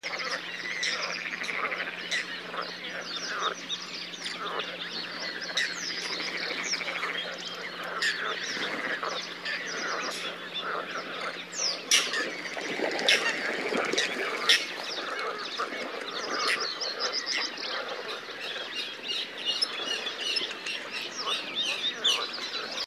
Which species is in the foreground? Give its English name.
Whiskered Tern